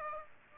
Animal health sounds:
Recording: mosquito wingbeat signal from an infrared sensor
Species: Aedes aegypti

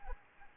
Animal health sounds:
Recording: mosquito wingbeat signal from an infrared sensor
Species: Anopheles arabiensis

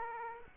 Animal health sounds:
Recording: mosquito wingbeat signal from an infrared sensor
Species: Aedes aegypti

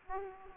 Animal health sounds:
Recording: mosquito wingbeat signal from an infrared sensor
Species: Aedes aegypti

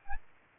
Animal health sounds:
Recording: mosquito wingbeat signal from an infrared sensor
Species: Aedes aegypti

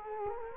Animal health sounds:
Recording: mosquito wingbeat signal from an infrared sensor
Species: Culex quinquefasciatus

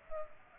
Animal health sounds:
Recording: mosquito wingbeat signal from an infrared sensor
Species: Culex pipiens

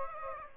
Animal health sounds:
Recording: mosquito wingbeat signal from an infrared sensor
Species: Aedes aegypti

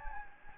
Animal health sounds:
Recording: mosquito wingbeat signal from an infrared sensor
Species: Anopheles gambiae

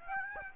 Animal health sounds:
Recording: mosquito wingbeat signal from an infrared sensor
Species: Aedes aegypti

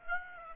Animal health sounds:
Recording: mosquito wingbeat signal from an infrared sensor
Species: Aedes aegypti

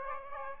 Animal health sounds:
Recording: mosquito wingbeat signal from an infrared sensor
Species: Aedes aegypti

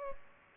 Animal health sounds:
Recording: mosquito wingbeat signal from an infrared sensor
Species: Culex pipiens

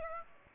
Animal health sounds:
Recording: mosquito wingbeat signal from an infrared sensor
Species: Aedes aegypti

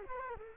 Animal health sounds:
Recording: mosquito wingbeat signal from an infrared sensor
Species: Culex quinquefasciatus

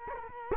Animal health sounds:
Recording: mosquito wingbeat signal from an infrared sensor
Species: Culex quinquefasciatus

